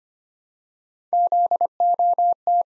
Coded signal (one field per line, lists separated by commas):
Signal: Morse code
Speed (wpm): 25 wpm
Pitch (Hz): 700 Hz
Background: none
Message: ZOT